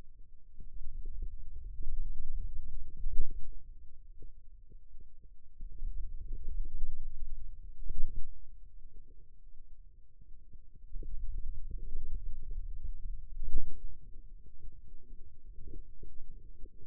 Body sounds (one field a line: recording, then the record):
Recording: forearm muscle sounds (acoustic myography)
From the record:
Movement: hand opening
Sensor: system 2, bracelet of six BSWA MPA416 microphones around the upper forearm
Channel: 2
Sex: male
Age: 22 years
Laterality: right